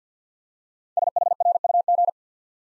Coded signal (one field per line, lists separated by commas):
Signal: Morse code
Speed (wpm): 50 wpm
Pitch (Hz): 700 Hz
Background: none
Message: SHRUG